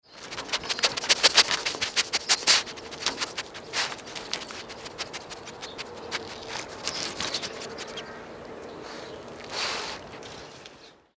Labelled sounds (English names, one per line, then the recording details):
Raccoon Dog
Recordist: Tembrock, Günter
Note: Schnuppern